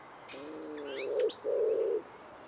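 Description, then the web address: Common wood pigeon with one low coo pair, a drawn-out wavering note followed by a short steady one, and light twittering from other birds in the background. "cianscape. Deverinetal. Bird Only"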